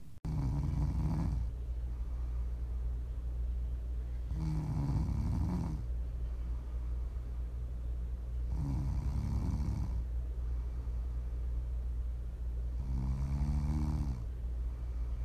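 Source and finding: Adult woman asleep. Snoring.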